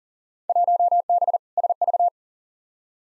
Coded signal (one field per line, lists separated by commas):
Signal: Morse code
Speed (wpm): 40 wpm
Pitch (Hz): 700 Hz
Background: none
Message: 1B SV